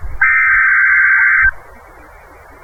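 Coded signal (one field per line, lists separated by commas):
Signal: Emergency Alert System (SAME) tones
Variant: header bursts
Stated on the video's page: NOAA Weather Radio station broadcasts and IDs from Florida.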